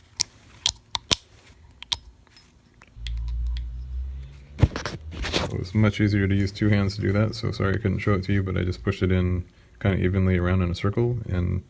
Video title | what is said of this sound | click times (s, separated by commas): Magura 195 Rebuild How to and Lever Replacement | the little tabs on the nyline washer snapped into place | 0.2 s, 0.7 s, 0.9 s, 1.1 s, 1.9 s